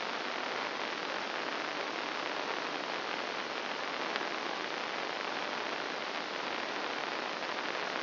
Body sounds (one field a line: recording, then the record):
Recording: brain microelectrode recording played as sound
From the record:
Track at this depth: inside the subthalamic nucleus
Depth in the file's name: 0.209 mm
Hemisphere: right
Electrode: 2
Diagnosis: Parkinson's disease